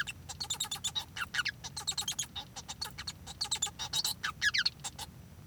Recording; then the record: song of a male Bengalese finch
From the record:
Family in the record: son of father 1